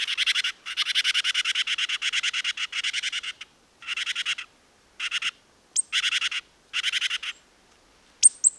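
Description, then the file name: Great tit scolding churr, buzzy pulsed rattles repeated in bursts of about half a second to three seconds, with a thin high whistle-like note near the end. "Parus major"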